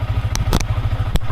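A magnetic action-camera mount is pressed into its base on a motorcycle helmet over a steady low rumble. Sharp clicks at 0.4 s and 0.6 s mark the mount snapping into place, with a further brief hit near 1.2 s. The mount is seated.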